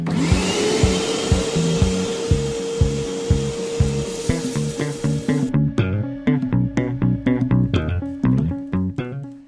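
A vacuum cleaner whirs with a steady hiss and hum for about five seconds, then cuts off abruptly, leaving rhythmic percussive music with plucked notes that had been playing underneath all along.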